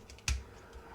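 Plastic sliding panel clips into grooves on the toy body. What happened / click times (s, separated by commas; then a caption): The plastic slide part snapped into place / 0.3 s. A plastic sliding panel on a toy body is pushed to the end of its slide after not being fully in. After two faint taps, a single sharp click sounds at 0.3 s. Its left and right clips line up with their grooves and lock it in position, fully seated.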